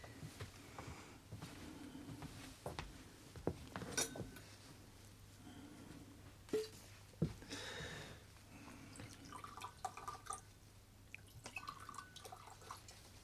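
Two glasses clink with a few sharp, bright taps while Scotch whisky trickles and splashes into them, a soft steady pour running underneath. No one speaks.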